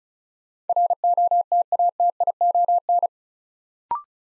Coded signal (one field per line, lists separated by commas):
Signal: Morse code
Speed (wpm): 36 wpm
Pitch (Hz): 700 Hz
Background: none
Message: ROTATION